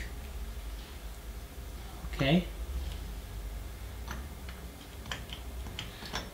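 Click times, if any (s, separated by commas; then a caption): 5.1 s, 5.8 s. A steel C-clip (circlip) is twisted and pushed into the groove of the aluminium piston's wrist-pin bore on a small Helio 2-stroke motorized bicycle kit engine. Someone talks briefly, then faint ticks of metal handling give way to sharp clicks at 5.1 s and 5.8 s. The clip is seated in its groove.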